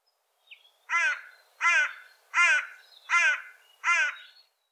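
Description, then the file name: Carrion crow giving five harsh, hoarse caws in a steady series, one roughly every three-quarters of a second. "Corvus corone"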